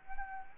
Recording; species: mosquito wingbeat signal from an infrared sensor; Anopheles arabiensis